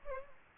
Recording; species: mosquito wingbeat signal from an infrared sensor; Culex pipiens